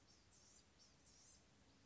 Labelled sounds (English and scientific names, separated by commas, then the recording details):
Blue-gray Gnatcatcher (Polioptila caerulea)
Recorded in Sonoma County, California